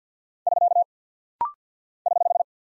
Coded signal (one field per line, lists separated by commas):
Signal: Morse code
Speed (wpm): 50 wpm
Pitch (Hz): 700 Hz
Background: none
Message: <SK> <HH>